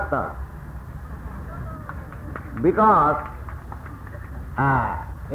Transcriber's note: applause